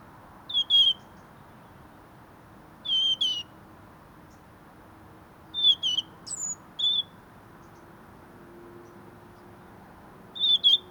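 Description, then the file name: European robin giving short, thin high whistles with sharp ticking notes, in brief bursts at uneven intervals over a quiet hiss. "Erithacus rubecula"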